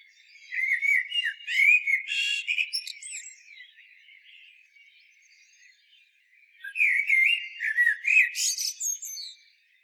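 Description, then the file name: Common blackbird song, two phrases: liquid warbling whistles with a buzzy high twitter, a long pause, then another fluted phrase ending in squeaks. "Turdus merula"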